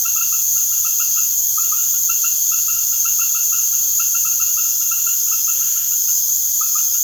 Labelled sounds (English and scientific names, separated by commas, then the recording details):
none
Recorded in secondary vegetation near Puerto Asís, Putumayo, Colombia, on 21 March 2025 at 19:00
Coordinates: 0.489, -76.322
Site G042